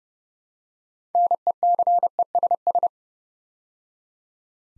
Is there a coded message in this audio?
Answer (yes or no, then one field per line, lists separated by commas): yes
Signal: Morse code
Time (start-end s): 1.1-2.9 s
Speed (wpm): 29 wpm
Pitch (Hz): 700 Hz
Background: none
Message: NECESS